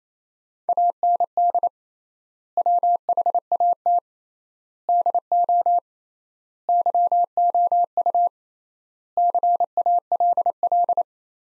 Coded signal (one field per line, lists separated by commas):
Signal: Morse code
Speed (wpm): 28 wpm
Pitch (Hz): 700 Hz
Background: none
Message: AND WHAT DO YOU CALL